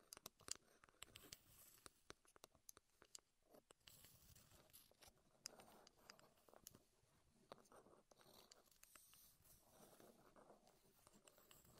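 Wooden triggers tapped and clicked in a dense, irregular patter that runs the whole twelve seconds. Sharper snaps stand out near the start and around the middle, with soft scraping and rustling filling the gaps between taps.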